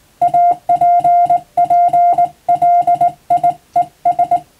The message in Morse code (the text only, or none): APPLIES